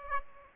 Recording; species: mosquito wingbeat signal from an infrared sensor; Aedes aegypti